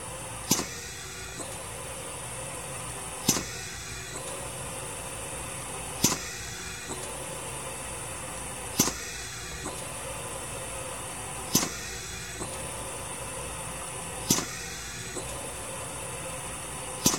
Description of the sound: Hospital Ventilator Compressor Prime Up.